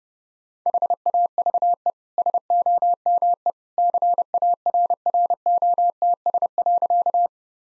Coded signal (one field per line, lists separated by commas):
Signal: Morse code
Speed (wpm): 32 wpm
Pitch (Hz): 700 Hz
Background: none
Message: HAVE SOME CARROTS.